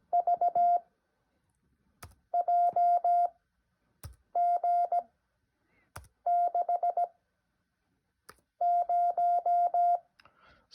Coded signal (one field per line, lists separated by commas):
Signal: Morse code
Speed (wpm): 17 wpm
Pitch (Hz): 700 Hz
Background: none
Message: V J G 6 0